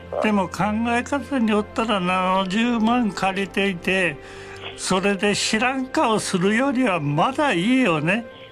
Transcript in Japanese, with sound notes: でも考え方によったら、70万借りていて、 （鼻を吸って） それで、知らん顔するよりは、まだ、いいよね？